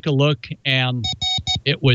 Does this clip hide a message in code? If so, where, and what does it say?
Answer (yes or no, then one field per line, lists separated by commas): no